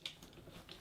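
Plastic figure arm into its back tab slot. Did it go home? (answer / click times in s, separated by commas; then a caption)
yes / 0.1 s. A second plastic toy figure arm is pulled down into its tab slot on the figure's back, giving a short click at 0.1 s followed by faint light taps. The arm is seated in its tab, though the click is less pronounced than the first arm's.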